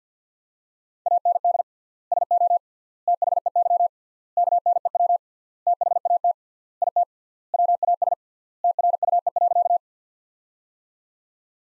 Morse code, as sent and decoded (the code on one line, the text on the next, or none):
.- -. -.. / ... --- / - .... . -.-- / -.- -. . .-- / - .... .- - / .. - / .-- .- ... / - .-. ..- . .-.-.-
AND SO THEY KNEW THAT IT WAS TRUE.